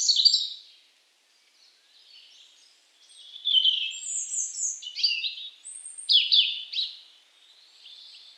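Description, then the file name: European robin song made of varied high phrases, with sharp descending slurs and tinkling trills split by short pauses, then a soft thin warble at the end. "Erithacus rubecula"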